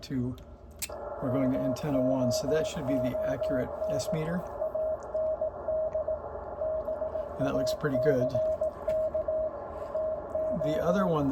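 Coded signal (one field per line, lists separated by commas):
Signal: Morse code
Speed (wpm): 18 wpm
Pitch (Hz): 630 Hz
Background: speech, radio noise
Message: MOON AND BACK TO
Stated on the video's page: Elecraft K2 kit on its first day on the bench, receiving and transmitting on 20 m.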